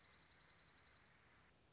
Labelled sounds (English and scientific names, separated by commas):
Dark-eyed Junco (Junco hyemalis)